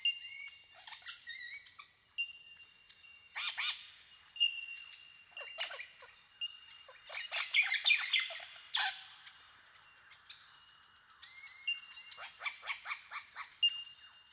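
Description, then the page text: Superb lyrebird song, a varied run of harsh squawks, pure whistles and rapid chattering bursts, loudest near the middle and end. "Большая птица-лира - Superb Lyrebird (Menura novaehollandiae)"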